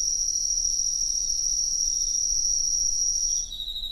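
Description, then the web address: Cricket song as a steady, high, continuous trill that shifts to a lower pulsed chirping near the end. "Hoerbeispiele Grillen"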